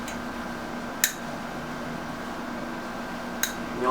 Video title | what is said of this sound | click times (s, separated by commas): How to Replace Motorcycle Fork Seals Part 2 | hear it click in place and | 1.0 s, 3.4 s